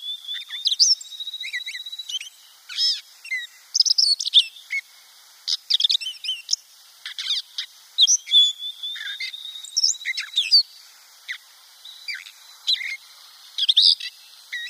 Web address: Schulze Peter Grey Catbird song